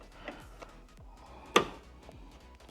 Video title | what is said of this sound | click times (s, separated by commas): RIVAL HOOD STRUT INSTALL - 5TH GEN TOYOTA RAV4 | the main body will be on the top so we just need to snap this in here | 1.6 s